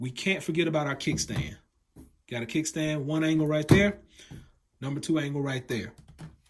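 A plastic kickstand on the back of a rugged Armadillotek case for a Galaxy S10 Plus is handled and moved through its angles while someone talks. The kickstand is not yet folded closed, and nothing has snapped into place or locked yet.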